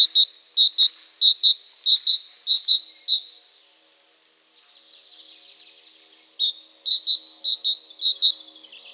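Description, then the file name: Great tit giving a rapid series of sharp, high repeated notes, broken by a pause and a buzzy rattle, then another run of ringing notes. "Parus major"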